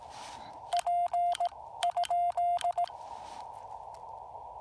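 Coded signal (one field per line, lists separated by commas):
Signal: Morse code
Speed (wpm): 17 wpm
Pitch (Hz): 690 Hz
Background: none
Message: P ?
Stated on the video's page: CW Parks on the Air activation at Lake James with a Yaesu FT-817ND and no antenna tuner.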